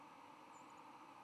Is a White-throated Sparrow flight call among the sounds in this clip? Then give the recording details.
yes. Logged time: 10:07 on 10 November 2014